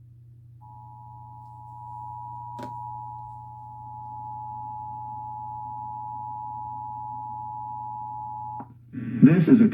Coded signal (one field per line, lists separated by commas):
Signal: Emergency Alert System (SAME) tones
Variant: 853 and 960 Hz attention tone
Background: speech